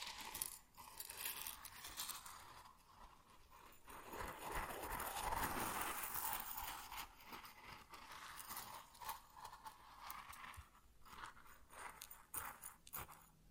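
Grain pours and rustles in a dense, gritty hiss that swells around four to seven seconds, then thins into scattered patters and ticks.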